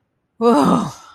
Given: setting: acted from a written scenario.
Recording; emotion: vocal sound without words; relief